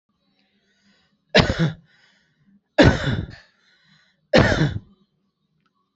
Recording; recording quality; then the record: heavy voluntary cough; excellent, no background noise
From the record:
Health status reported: healthy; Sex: male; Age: 39 years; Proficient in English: yes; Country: India